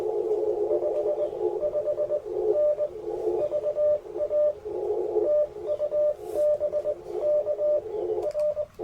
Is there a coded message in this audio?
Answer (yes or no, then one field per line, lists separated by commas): yes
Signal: Morse code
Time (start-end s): 0.7-8.6 s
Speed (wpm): 22 wpm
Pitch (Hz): 600 Hz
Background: radio noise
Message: 55N VA TU BK R